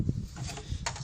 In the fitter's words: And the new one should snap in place.